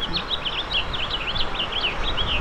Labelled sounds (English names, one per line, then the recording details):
House Finch song
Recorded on Long Island, New York, on 20 April 2012
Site GC
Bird D